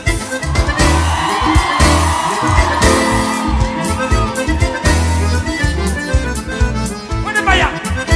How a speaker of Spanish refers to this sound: Cuando la gente grita porque está gozando. Por toda compañía, el acordeón. Toque maestro, que cuando usted toca la gente grita, mira, mira.